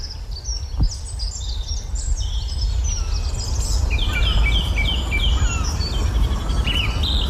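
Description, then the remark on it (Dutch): Young chaffinches in Heemstede babble their unfinished spring song, rambling high chirps and short warbled phrases repeating over a steady low rumble of background noise. “En dus is hij er als de kippen bij om in Heemstede de eerste brabbelende vinken vast te leggen die zich bekwamen in de lentezang.”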